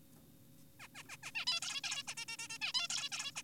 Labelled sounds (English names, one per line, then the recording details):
Zebra Finch
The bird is an adult
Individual g4p5U